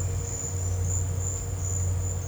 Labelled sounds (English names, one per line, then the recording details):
none
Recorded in dense forest near Puerto Asís, Putumayo, Colombia, on 19 March 2025 at 12:00
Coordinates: 0.468, -76.322
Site GP01